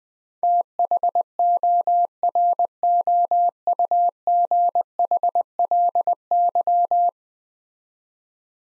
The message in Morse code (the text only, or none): THOROUGHLY